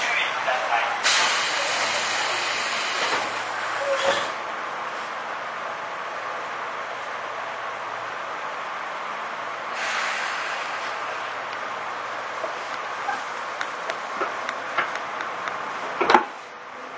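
A commuter train runs with a steady interior rumble and a constant low hum throughout. Hissing, brighter surges come around one second and again near ten, with scattered clicks and rattles of the carriage, and a sharp loud knock near sixteen seconds.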